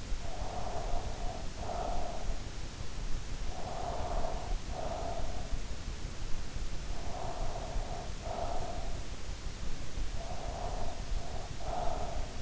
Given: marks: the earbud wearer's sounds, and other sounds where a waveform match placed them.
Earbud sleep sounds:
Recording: sounds in sleep by an in-ear microphone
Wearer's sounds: breath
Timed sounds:
0.00-2.47 s: breath
3.46-5.63 s: breath
6.72-9.06 s: breath
9.89-12.42 s: breath

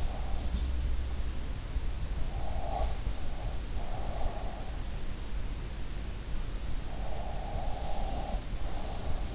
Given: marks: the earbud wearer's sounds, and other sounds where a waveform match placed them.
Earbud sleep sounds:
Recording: sounds in sleep by an in-ear microphone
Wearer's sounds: breath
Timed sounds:
2.36-4.76 s: breath
7.21-9.34 s: breath

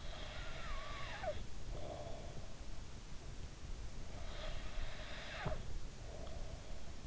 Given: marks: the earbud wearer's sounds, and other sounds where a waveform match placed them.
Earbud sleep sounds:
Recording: sounds in sleep by an in-ear microphone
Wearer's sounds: snoring breath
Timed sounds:
0.00-2.34 s: snoring breath
3.93-6.49 s: snoring breath

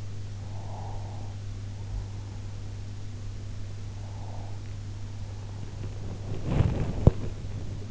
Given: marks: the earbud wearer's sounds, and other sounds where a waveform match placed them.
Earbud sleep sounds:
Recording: sounds in sleep by an in-ear microphone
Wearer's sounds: breath, body movement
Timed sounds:
0.45-2.50 s: breath
3.81-5.85 s: breath
5.87-7.91 s: body movement

